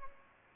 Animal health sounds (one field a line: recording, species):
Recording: mosquito wingbeat signal from an infrared sensor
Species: Aedes aegypti